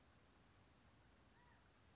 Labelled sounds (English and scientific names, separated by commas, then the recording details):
California Quail (Callipepla californica)
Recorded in Sonoma County, California